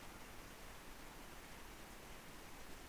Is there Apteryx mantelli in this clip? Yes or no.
no